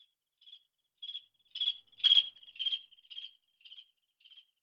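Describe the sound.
Cricket chirping, a narrow high-pitched tone broken into short pulses about twice a second, swelling louder midway and fading again, with no other clear sounds.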